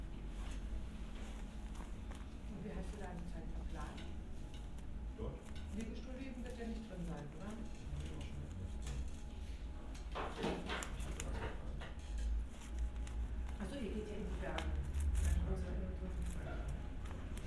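A quick restaurant visit with steady murmuring voices, a constant low rumble, and scattered clicks and knocks, louder bursts near ten and fifteen seconds.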